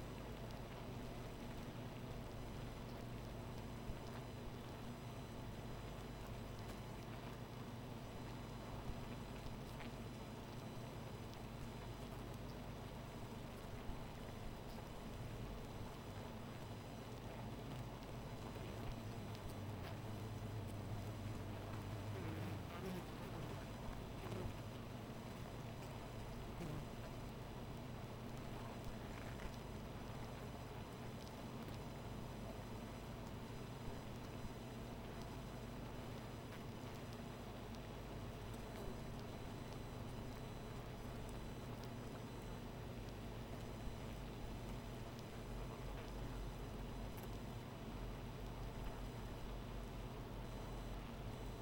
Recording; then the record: honeybee colony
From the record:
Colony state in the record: missing queen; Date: 14 July 2017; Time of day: 0:10